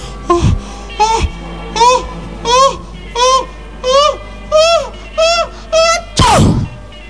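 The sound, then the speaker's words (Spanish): A voice imitates a huge, terrible sneeze by old Mauser during a Wild West duel in a story set in Carson City: about nine drawn-out, rising 'ah' gasps building in a steady rhythm, then a loud, explosive burst of breath. “El viejo Mauser aprontaba uno de sus más terribles estornudos.”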